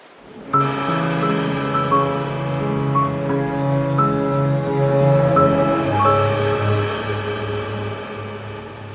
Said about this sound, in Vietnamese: Trời đầu xuân trớt xuống những hạt mưa đầu tiên trong mùa. Mưa rơi rả rích xuống ngôi mộ, bị láng mộ cản lệch sang một bên.